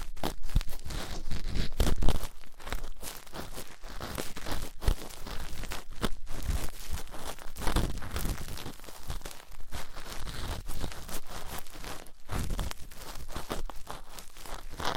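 Ear cleaning sounds with latex gloves, dental pick and cotton swabs: a dense, continuous stream of crackling, rubbing and crinkling scratches. Short sharp snaps and rustles come irregularly, every second or so, over a steady bright scraping texture that never stops.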